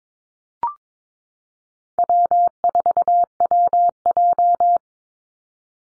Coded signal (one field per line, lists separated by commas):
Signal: Morse code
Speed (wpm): 22 wpm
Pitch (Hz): 700 Hz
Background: none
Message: W4WJ